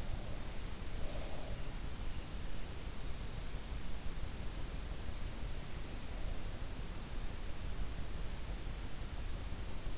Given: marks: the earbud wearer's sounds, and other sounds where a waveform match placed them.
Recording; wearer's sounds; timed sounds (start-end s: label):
sounds in sleep by an in-ear microphone; breath
0.00-1.80 s: breath